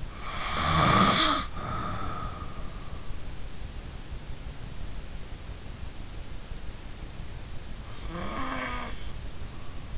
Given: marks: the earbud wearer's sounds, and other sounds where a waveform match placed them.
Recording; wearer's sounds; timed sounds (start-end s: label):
sounds in sleep by an in-ear microphone; snoring breath
0.00-2.61 s: snoring breath
8.02-9.03 s: snoring breath